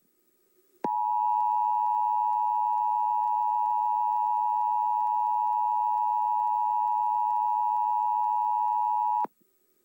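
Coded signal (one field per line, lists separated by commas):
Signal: Emergency Alert System (SAME) tones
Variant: 853 and 960 Hz attention tone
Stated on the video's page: Experimental edit using EAS tones taken from other sources.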